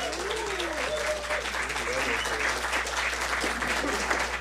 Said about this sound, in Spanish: Pero bueno, quisiera que le brindemos otro aplauso más cálido al coro de la Universidad Veracruzana.